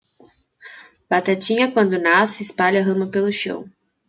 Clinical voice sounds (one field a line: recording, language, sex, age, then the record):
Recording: short text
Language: Brazilian Portuguese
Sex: female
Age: 20 to 29 years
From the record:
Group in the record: control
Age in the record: 22 years